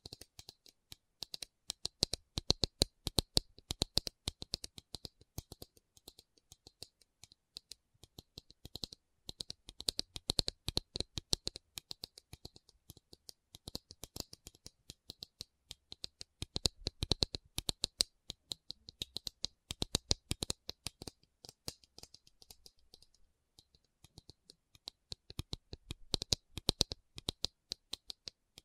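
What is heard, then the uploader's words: A tapping session made of quick, sharp clicks and taps that come in dense bursts, then thin out for short spells. The taps are crisp and bright, with clusters around 2, 10, 17, 20 and 26 seconds, and no voice is heard. Tapping Session (No Talking).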